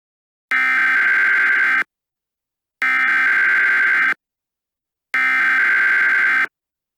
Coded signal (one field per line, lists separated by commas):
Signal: Emergency Alert System (SAME) tones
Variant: header bursts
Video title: EAS Scenario #1: Ghostbusters